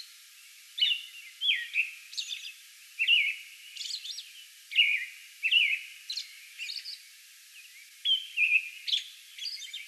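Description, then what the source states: American robin singing rich whistled phrases in short clusters separated by pauses, with faint high notes. Song bout on May 11.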